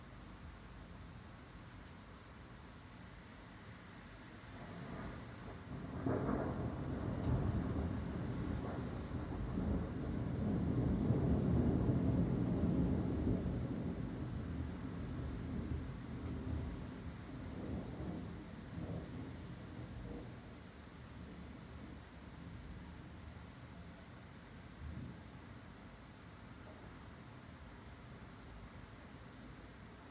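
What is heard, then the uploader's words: Thunder rumbles over steady rain. A low roll builds from about five seconds, peaks as a deep, swelling boom near eleven to thirteen seconds, then fades through a few softer crackles around eighteen and twenty-five seconds, leaving the even hiss of rain. Dozing through thunder and rain, Tulse Hill, London, UK. The stormy weather rolled in around South London. My room is situated within a block of flats.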